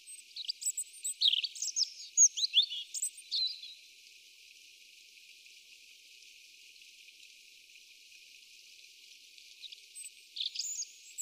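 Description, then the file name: European robin singing a rapid jumble of high, thin warbled notes and trills for about three seconds, then a long quiet gap before a brief final phrase. "Erithacus rubecula"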